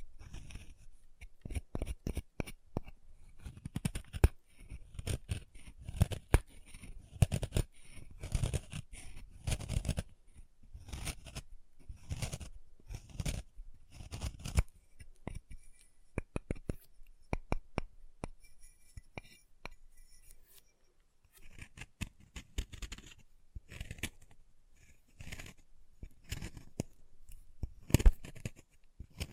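Chalk being carved and cut, heard as dense runs of sharp scraping and clicking strokes, quick and irregular. Busier stretches fill the first ten seconds, then the cuts thin into scattered snips and taps with short pauses, a few louder cracks near the end.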